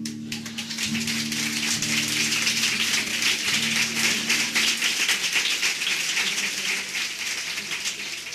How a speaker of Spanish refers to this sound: esos aplausos merecidos para Javier en este tema